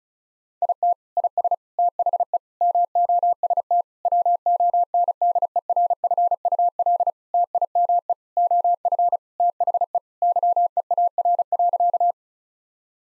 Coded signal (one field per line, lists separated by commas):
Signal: Morse code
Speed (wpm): 36 wpm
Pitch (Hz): 700 Hz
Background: none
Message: IT IS THE MOST WONDERFUL TIME OF THE YEAR.